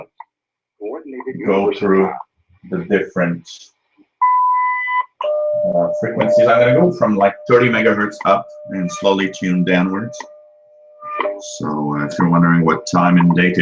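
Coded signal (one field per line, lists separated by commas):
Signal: radio time signal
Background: speech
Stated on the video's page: Received live while tuning the bands, with live commentary.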